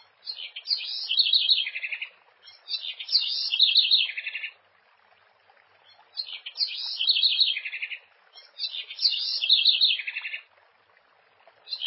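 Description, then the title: House wren song, bubbly high phrases of rapid trills and twitters, given four times with pauses between. "cURRUIRA"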